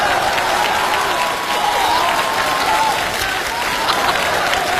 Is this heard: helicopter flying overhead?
no